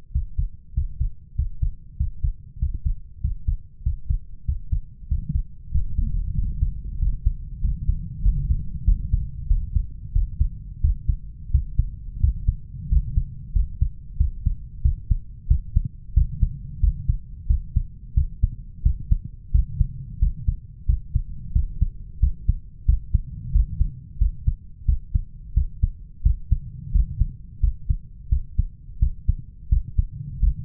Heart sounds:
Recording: heart sounds by stethoscope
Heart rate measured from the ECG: 91 bpm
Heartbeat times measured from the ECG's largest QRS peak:
0.13 s: heartbeat
0.75 s: heartbeat
1.37 s: heartbeat
1.99 s: heartbeat
2.61 s: heartbeat
3.23 s: heartbeat
3.85 s: heartbeat
4.47 s: heartbeat
5.10 s: heartbeat
5.73 s: heartbeat
6.37 s: heartbeat
7.01 s: heartbeat
7.63 s: heartbeat
8.24 s: heartbeat
8.87 s: heartbeat
9.49 s: heartbeat
10.14 s: heartbeat
10.83 s: heartbeat
11.53 s: heartbeat
12.22 s: heartbeat
12.91 s: heartbeat
13.55 s: heartbeat
14.19 s: heartbeat
14.84 s: heartbeat
15.50 s: heartbeat
16.16 s: heartbeat
16.83 s: heartbeat
17.49 s: heartbeat
18.16 s: heartbeat
18.85 s: heartbeat
19.54 s: heartbeat
20.21 s: heartbeat
20.88 s: heartbeat
21.55 s: heartbeat
22.22 s: heartbeat
22.88 s: heartbeat
23.54 s: heartbeat
24.20 s: heartbeat
24.88 s: heartbeat
25.56 s: heartbeat
26.25 s: heartbeat
26.94 s: heartbeat
27.63 s: heartbeat
28.31 s: heartbeat
29.01 s: heartbeat
29.71 s: heartbeat
30.42 s: heartbeat
From the record:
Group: healthy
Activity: Valsalva maneuver 0-4 s, rest 4-31 s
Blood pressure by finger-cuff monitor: 138/82 mmHg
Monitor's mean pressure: 101 mmHg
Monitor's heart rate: 90 bpm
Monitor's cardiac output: 7.5 L/min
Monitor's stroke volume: 85 mL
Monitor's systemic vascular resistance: 980 dyn s/cm5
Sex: male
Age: 21 years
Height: 175 cm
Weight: 72.6 kg

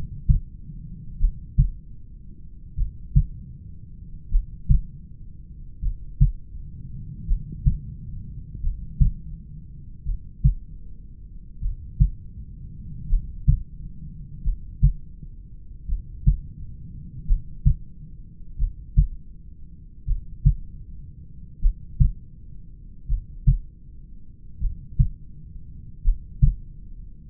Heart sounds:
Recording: heart sounds by stethoscope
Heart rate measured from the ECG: 41 bpm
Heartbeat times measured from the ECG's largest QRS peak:
1.23 s: heartbeat
2.80 s: heartbeat
4.34 s: heartbeat
5.85 s: heartbeat
7.31 s: heartbeat
8.65 s: heartbeat
10.08 s: heartbeat
11.65 s: heartbeat
13.13 s: heartbeat
14.47 s: heartbeat
15.91 s: heartbeat
17.30 s: heartbeat
18.61 s: heartbeat
20.10 s: heartbeat
21.65 s: heartbeat
23.11 s: heartbeat
24.64 s: heartbeat
26.07 s: heartbeat
From the record:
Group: heart failure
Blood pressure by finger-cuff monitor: 97/68 mmHg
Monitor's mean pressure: 76 mmHg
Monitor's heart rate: 41 bpm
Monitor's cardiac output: 3.7 L/min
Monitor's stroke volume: 89 mL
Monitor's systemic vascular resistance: 1500 dyn s/cm5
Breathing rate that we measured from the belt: 14 breaths a minute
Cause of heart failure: familial cardiomyopathy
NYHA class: 1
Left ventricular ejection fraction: 49%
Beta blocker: bisoprolol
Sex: male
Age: 31 years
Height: 194 cm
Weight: 96 kg

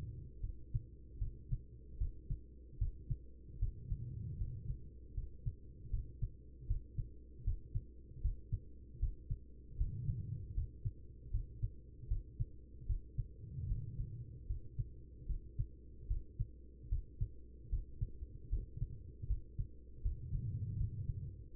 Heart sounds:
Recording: heart sounds by stethoscope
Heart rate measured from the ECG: 77 bpm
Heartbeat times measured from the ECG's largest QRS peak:
0.41 s: heartbeat
1.19 s: heartbeat
1.98 s: heartbeat
2.78 s: heartbeat
3.59 s: heartbeat
4.38 s: heartbeat
5.14 s: heartbeat
5.90 s: heartbeat
6.67 s: heartbeat
7.44 s: heartbeat
8.21 s: heartbeat
8.99 s: heartbeat
9.77 s: heartbeat
10.54 s: heartbeat
11.31 s: heartbeat
12.08 s: heartbeat
12.86 s: heartbeat
13.67 s: heartbeat
14.47 s: heartbeat
15.26 s: heartbeat
16.07 s: heartbeat
16.89 s: heartbeat
17.69 s: heartbeat
18.49 s: heartbeat
19.27 s: heartbeat
20.02 s: heartbeat
20.77 s: heartbeat
21.52 s: heartbeat
From the record:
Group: healthy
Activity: rest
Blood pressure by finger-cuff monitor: 87/63 mmHg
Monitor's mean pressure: 72 mmHg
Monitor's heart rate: 77 bpm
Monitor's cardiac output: 5.1 L/min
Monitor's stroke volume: 67 mL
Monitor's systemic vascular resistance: 1040 dyn s/cm5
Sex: female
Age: 43 years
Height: 160 cm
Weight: 90 kg

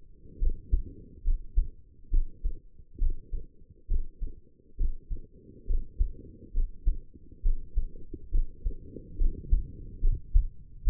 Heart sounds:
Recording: heart sounds by stethoscope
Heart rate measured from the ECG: 69 bpm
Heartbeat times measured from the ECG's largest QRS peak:
0.39 s: heartbeat
1.24 s: heartbeat
2.10 s: heartbeat
2.98 s: heartbeat
3.87 s: heartbeat
4.77 s: heartbeat
5.66 s: heartbeat
6.53 s: heartbeat
7.42 s: heartbeat
8.31 s: heartbeat
9.17 s: heartbeat
10.01 s: heartbeat
10.84 s: heartbeat
From the record:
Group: healthy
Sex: female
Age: 22 years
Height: 160 cm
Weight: 45 kg

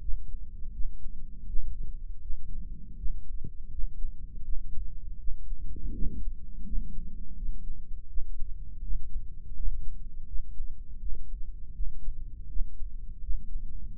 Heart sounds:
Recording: heart sounds by microphone in the right ear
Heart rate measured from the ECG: 82 bpm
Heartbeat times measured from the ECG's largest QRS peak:
0.72 s: heartbeat
1.46 s: heartbeat
2.20 s: heartbeat
2.96 s: heartbeat
3.70 s: heartbeat
4.43 s: heartbeat
5.18 s: heartbeat
5.93 s: heartbeat
6.64 s: heartbeat
7.36 s: heartbeat
8.08 s: heartbeat
8.82 s: heartbeat
9.54 s: heartbeat
10.26 s: heartbeat
10.99 s: heartbeat
11.73 s: heartbeat
12.47 s: heartbeat
13.21 s: heartbeat
13.96 s: heartbeat
From the record:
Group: healthy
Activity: rest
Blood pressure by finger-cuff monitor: 165/87 mmHg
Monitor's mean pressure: 104 mmHg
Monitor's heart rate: 81 bpm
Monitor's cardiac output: 8.3 L/min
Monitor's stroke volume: 100 mL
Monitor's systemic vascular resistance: 930 dyn s/cm5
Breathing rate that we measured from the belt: 19 breaths a minute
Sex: male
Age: 57 years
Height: 188 cm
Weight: 106 kg

